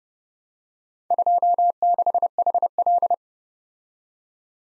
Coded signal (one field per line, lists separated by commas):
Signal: Morse code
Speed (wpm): 34 wpm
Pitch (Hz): 700 Hz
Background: none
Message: 26HL